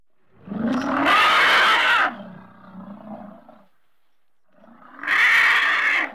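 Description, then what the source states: Elephant trumpeting: a loud, rasping blast, then a lower grumbling rumble, a short silence and a second brassy blast. Angry trumpet.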